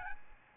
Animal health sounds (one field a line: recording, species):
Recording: mosquito wingbeat signal from an infrared sensor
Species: Aedes albopictus